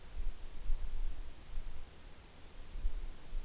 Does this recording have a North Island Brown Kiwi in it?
no